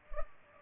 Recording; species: mosquito wingbeat signal from an infrared sensor; Culex pipiens